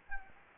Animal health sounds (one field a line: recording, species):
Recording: mosquito wingbeat signal from an infrared sensor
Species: Anopheles gambiae